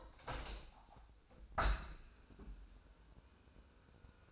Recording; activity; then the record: daily activity, microphone in the room; open window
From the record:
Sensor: 2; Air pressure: 1000.3 hPa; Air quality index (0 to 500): 150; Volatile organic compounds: 2 ppm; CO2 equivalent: 1250 ppm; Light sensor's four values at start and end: 11/30/11/13 and 11/31/12/14